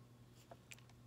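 A metal removal tool is slid into the back of a circular connector insert around a crimped contact pin, with faint scraping before a sharp click at 0.7 s as the tool seats around the pin. The pin is released and comes out.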